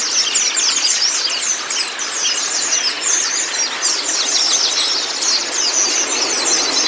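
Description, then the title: White-eye song of fast, high-pitched chattering notes and short slurs running continuously, accompanied by steady hiss. White-eye (pleci kacamata si putih) song on a training recording (masteran) meant to get a silent (bisu) pleci singing constantly (gacor). "mster Mnuk. Terapi Pleci Bisu Menjadi Gacor Abis. Masteran Pleci Kacamata Si Putih"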